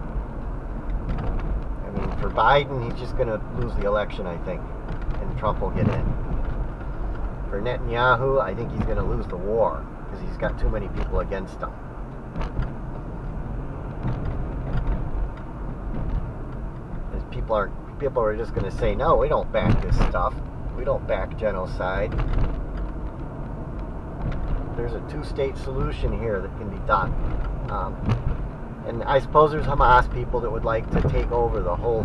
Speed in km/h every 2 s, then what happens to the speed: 53, 53, 55, 53, 52, 50, 50, 48, 39, 37, 39, 40, 47, 50, 47, 48.
0-14 steady at about 52. 14-17 brakes to 37. 17-25 speeds up to 50. 25-32 steady at about 48.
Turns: 16-23.